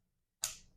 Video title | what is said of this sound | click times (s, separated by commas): How to Use - DEPSTECH Borescope, Triple Lens Endoscope Camera, DS560 Sewer Camera | hear a click, this will light up, | 0.4 s